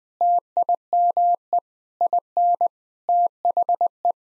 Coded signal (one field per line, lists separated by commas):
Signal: Morse code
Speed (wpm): 20 wpm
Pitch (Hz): 700 Hz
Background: none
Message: TIME IN THE